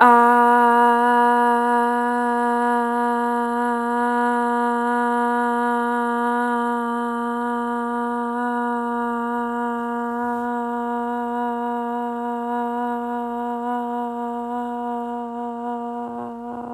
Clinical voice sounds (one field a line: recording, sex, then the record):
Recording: sustained vowel /a/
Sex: female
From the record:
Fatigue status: fatigue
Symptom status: symptomatic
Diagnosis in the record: COVID-19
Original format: m4a